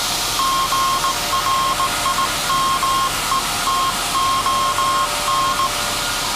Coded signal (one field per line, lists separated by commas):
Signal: Morse code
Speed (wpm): 17 wpm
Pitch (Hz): 1070 Hz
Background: none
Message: GRIMETON